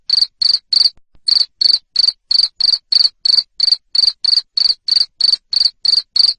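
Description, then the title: Cricket giving loud, high chirps roughly three each second, a short gap after the opening few, then steady repetition. Loud cricket chirping (ngerik), used to make lovebirds keep singing their ngekek song. "Suara JANGKRIK NGERIK Keras Bikin LOVEBIRD Jadi NGEKEK Terus Vubey"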